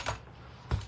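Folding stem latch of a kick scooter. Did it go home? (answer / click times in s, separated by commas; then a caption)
no / none. A kick scooter's folding stem is raised and its metal latch fails to catch, so the stem folds back down with a sharp metallic clack at about 0.7 s, after a softer rattle near the start. The folding mechanism won't lock into place because a small piece broke off; nothing has seated or clicked.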